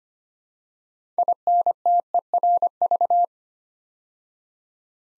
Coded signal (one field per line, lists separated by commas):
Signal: Morse code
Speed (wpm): 25 wpm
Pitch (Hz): 700 Hz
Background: none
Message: INTERV